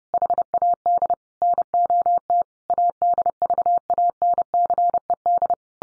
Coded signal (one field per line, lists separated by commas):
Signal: Morse code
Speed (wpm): 30 wpm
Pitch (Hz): 700 Hz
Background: none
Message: HAD NOT ADVANCED